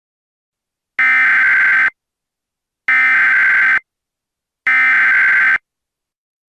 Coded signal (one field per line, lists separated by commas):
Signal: Emergency Alert System (SAME) tones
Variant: header bursts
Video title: EAS Scenario - SCP-Vyonders